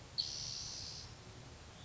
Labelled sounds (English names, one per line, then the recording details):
Spotted Towhee
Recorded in Sonoma County, California